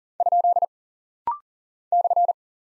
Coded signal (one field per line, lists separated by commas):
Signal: Morse code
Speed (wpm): 39 wpm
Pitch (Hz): 700 Hz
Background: none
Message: ? /